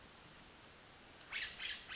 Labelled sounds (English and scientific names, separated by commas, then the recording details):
Western Flycatcher (Empidonax difficilis)
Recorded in Sonoma County, California